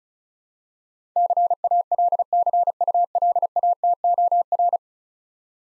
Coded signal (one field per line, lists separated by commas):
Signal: Morse code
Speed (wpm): 36 wpm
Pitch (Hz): 700 Hz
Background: none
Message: CALCULATOR